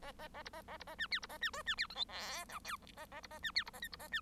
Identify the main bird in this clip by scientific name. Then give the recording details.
Lonchura striata domestica. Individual Bird1